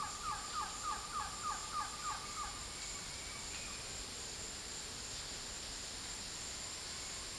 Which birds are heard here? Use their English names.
Green-backed Trogon